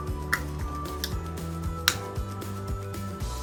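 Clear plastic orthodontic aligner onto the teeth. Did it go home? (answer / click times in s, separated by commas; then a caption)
yes / 0.3 s, 1.0 s, 1.9 s. A person presses a number-6 clear plastic orthodontic aligner onto the teeth to show that it fits on both sides. Sharp clicks ring out at 0.3, 1.0 and 1.9 seconds over steady background music. The loudest click, at 1.9 seconds, marks the aligner seating in place.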